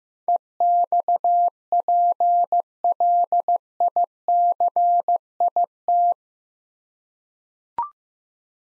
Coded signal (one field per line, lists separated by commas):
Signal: Morse code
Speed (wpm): 15 wpm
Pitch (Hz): 700 Hz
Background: none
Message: EXPLICIT